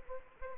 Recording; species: mosquito wingbeat signal from an infrared sensor; Anopheles arabiensis